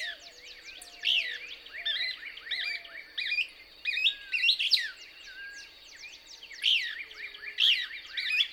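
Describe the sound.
Couch's Kingbird twittering song: repeated short groups of bright, steeply falling chirps, with low, level whistles beneath and a steady high hum.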